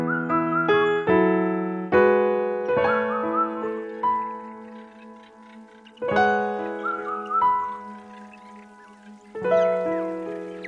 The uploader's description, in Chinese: 秋天的森林，风吹着树叶沙沙的响，小 松鼠 正在捡果子果子，鸟儿也在林中一展歌喉，轻缓的钢琴声徐徐响起